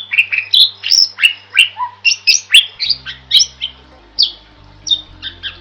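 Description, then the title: Bird song as a fast chain of bright chirps and downslurred whistles, with a low droning hum that shifts pitch. Masteran recording made for training birds. "Master Burung Jos"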